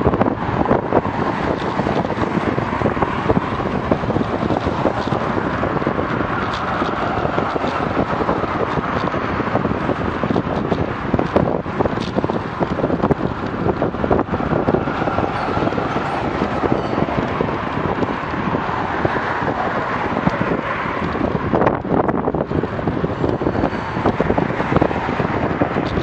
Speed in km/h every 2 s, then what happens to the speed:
29, 29, 29, 29, 28, 28, 27, 27, 26, 27, 27, 27, 26.
0-26 steady at about 27.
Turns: none.